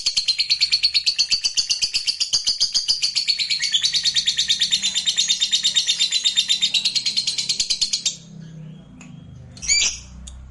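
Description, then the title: Lovebird song as a long, continuous torrent of shrill, rattling twitters for about eight seconds, followed by a pause and a brief sharp chirp. "Suara Lovebird Ini"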